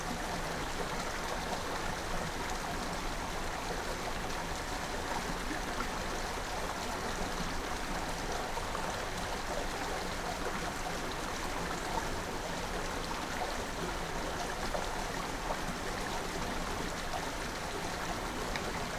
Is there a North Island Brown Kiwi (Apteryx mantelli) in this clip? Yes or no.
no